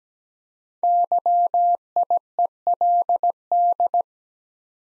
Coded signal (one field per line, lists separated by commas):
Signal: Morse code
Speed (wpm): 17 wpm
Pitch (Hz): 700 Hz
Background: none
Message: YIELD